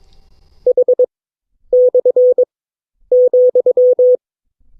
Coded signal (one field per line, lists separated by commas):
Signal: Morse code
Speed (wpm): 22 wpm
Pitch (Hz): 500 Hz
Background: none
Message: H/,